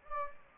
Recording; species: mosquito wingbeat signal from an infrared sensor; Anopheles gambiae